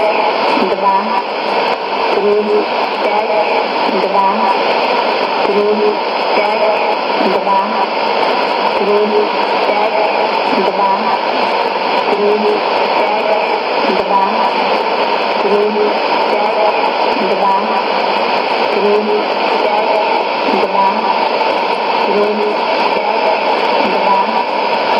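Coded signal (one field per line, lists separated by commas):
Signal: numbers station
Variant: S06s, Russian female voice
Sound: faint woman's voice reading evenly spaced words in Russian through heavy static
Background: radio static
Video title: 25 04 2017 Numbers station S06s Russian Lady in Russian to Eu 0800 on 11635unknown tx site in CUSB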